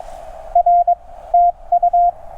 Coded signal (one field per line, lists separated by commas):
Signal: Morse code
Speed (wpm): 22 wpm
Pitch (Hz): 700 Hz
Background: none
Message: R TU